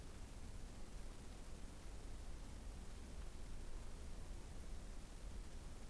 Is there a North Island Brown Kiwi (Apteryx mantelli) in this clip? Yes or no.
no